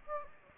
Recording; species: mosquito wingbeat signal from an infrared sensor; Anopheles gambiae